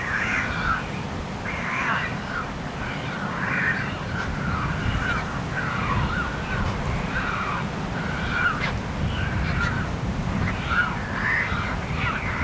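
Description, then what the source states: Pelican squawks: many harsh, rasping calls overlap in a steady chorus over a constant low rumble of surf. Pelican nesting colony soundscape on Isla Iguana, October 2005.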